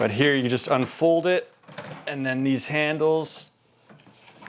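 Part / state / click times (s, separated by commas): folding handle lock on a snowblower frame / seated / 4.5 s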